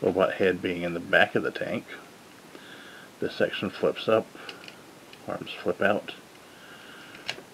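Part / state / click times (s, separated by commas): plastic robot feet into the toy body / seated / 7.3 s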